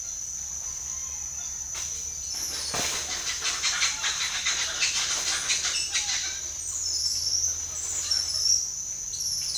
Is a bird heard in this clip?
yes